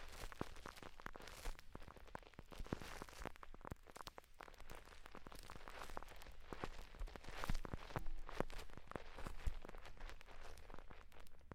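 Slime being squished and pressed, making a dense run of wet, sticky clicks and pops that crackle without pause for the whole stretch. The snaps are crisp and bright, busier and louder toward the middle and again near the end, over a steady low hum.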